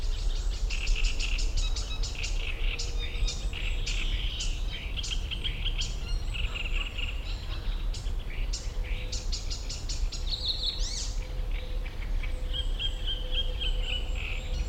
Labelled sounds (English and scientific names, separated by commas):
Icterine Warbler (Hippolais icterina)